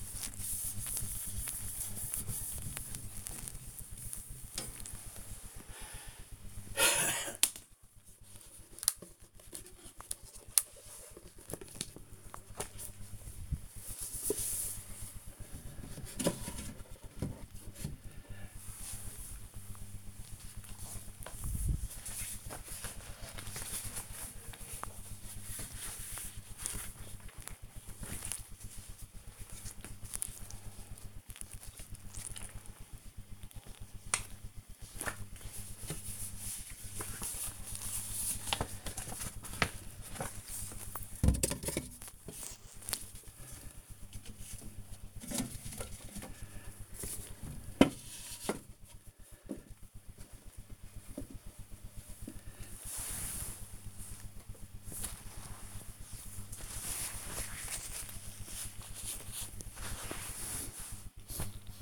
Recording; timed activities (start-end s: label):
household activities, microphone on the right wrist
0.00-53.84 s: dusting model cars